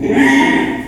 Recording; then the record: squeal of a Yucatan mini pig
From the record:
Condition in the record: after surgery on the right vocal fold (resection and tissue-engineered implant); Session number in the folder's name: 3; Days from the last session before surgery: 33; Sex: male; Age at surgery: 12 weeks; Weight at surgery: 13 kg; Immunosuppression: cyclosporine, prednisolone